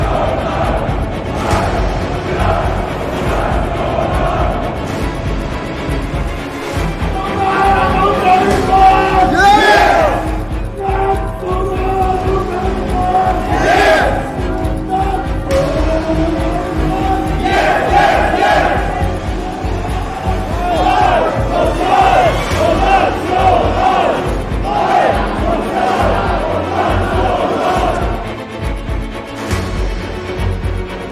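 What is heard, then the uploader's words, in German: A demonstration of around 300 people fills the clip with a dense, continuous mass of voices. Shouts and raised, chant-like calls swell repeatedly, notably around 8 to 10 seconds and again from about 17 to 27 seconds, while the overall loudness stays high throughout. Eine Demonstration mit ca. 300 Teilnehmern.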